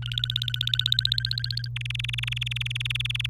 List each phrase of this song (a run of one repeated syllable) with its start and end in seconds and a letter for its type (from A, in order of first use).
0.02-1.68 A, 1.76-3.26 B